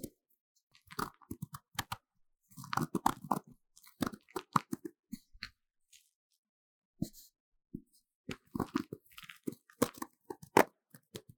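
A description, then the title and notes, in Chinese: A magnesium powder block is scraped and crushed in short, dry bursts of crunching and crumbling. The grinding comes in irregular clusters with brief silences, busiest around the third second and again near the end, where a sharp snap stands out. Relaxing Scrape Magnesium Powder Block | NoTalking。壓碎聲與捏碎聲。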